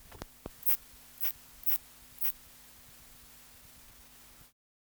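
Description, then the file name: Bush-cricket calling: four short, dry, very high chirps spaced about half a second apart, preceded by a couple of soft clicks, then only a faint low hum. "Thyreonotus bidens"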